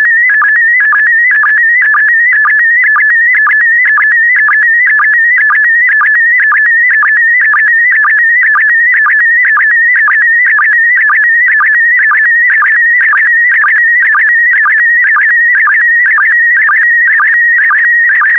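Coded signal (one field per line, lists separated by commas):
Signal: SSTV (slow-scan television)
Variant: PD120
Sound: warbling tone sweeping around 1.5-2.3 kHz with quick regular low blips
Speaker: Get ready. Starting transmission in 5, 4, 3, 2, 1. Transmission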